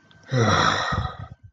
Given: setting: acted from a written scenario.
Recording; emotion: vocal sound without words; disappointment